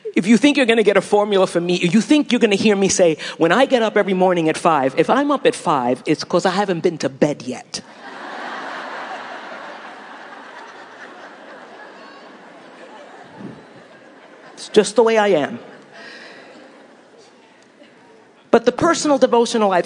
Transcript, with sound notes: If you think you’re going to get a formula from me, if you think you’re going to hear me say, “When I get up every morning at five.. .” If I’m up at five o’clock, it’s because I haven’t been to bed yet! (laughter) It’s just the way I am! But the personal devotional life...